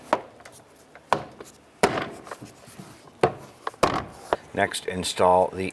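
On a 2006-2012 Honda Civic, during a window regulator replacement, the door trim panel is pressed in around its perimeter so its plastic retainer clips snap into the metal door frame. Loud sharp snaps come at 0.1, 1.1, 1.8, 3.2 and 3.8 seconds, with light rubbing between them, and near the end someone talks. The clips are seated.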